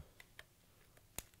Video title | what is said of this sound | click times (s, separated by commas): Demo AudioWireless | and it clicks. If you don't hear the click, it's not connected. | 1.2 s